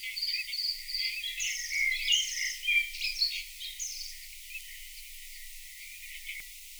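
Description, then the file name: Bluethroat song, a quieter run of varied chirps, trills and scratchy notes packed closely together, fading in the second half. Played back. "Blaahals"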